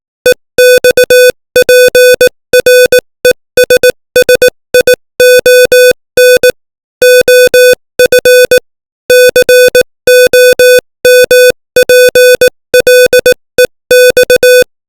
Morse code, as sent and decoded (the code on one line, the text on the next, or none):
. -..- .--. .-. . ... ... .. --- -. / --- ..-. / -.-. --- -- .--. .-.. . -..-
EXPRESSION OF COMPLEX